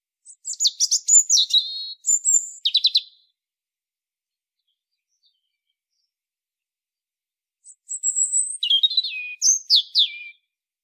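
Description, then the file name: European robin song: two quick bursts of high twittering notes and falling whistles, each lasting about three seconds, separated by a long quiet gap. "Erithacus rubecula"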